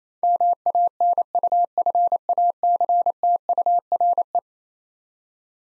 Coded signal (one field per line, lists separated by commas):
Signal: Morse code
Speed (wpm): 27 wpm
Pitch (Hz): 700 Hz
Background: none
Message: MANUFACTURE